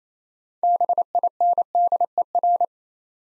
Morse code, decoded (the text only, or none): BINDER